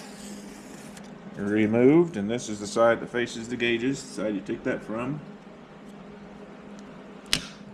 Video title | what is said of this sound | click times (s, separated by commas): Dakota Digital VHX Gauge Install on our Power Tour Project IROC-Z | Snaps in place. | 7.3 s